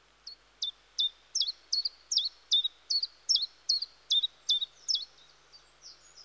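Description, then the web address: Common chiffchaff song, a rhythmic run of bright, high chiff-chaff notes repeated evenly for about five seconds before trailing off into faint twittering. "BBC Sound Effects Library. Chiffchaff"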